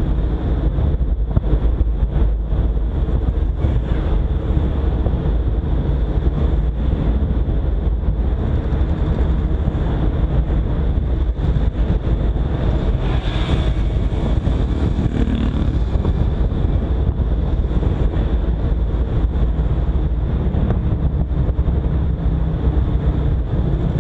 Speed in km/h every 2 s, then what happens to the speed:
41, 40, 41, 41, 44, 44, 40, 41, 42, 41, 39, 42.
0-24 steady at about 41.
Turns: none.